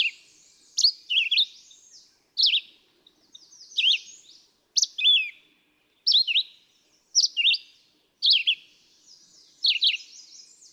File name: Red-eyed Vireo